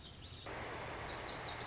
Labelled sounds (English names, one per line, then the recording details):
Lazuli Bunting
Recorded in Sonoma County, California